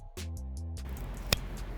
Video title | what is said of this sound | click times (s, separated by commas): Jeep JK Wrangler Install: JMS PedalMAX Plug-N-Play Drive-By-Wire Throttle Enhancer | now when you connect the harness to the control pack you want to hear a nice tight click after you have that connection made into the control module | 1.3 s